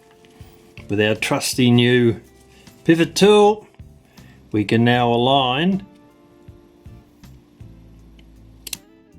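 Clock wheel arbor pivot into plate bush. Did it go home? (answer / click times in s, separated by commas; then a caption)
yes / 8.7 s. Someone talks while a pivot tool lines up a clock wheel arbor's pivot with its bush in the brass plate, with the clock plates held loosely together. After a quieter stretch of faint handling noises, a sharp double click at 8.7 s marks the pivot dropping into and seating in its bush.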